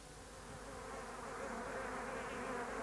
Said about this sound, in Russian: Бывало, ты цветешь, такая нарядная. Вокруг снуют пчелы да осы. И медовый дух струит твоя крона.